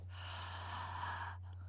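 A single drawn-out, airy breath lasting just over a second, taken deliberately and exaggerated for the microphone by an adult, over a steady low electrical hum. It demonstrates a normal inhalation, the breath that brings air to the tiny sacs in the lungs called alveoli.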